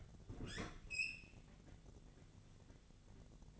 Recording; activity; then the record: daily activity, microphone in the room; open fridge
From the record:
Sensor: 4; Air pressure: 1000.8 hPa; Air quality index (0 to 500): 131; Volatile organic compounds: 2 ppm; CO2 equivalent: 980 ppm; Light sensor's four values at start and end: 30/72/30/33 and 28/68/28/31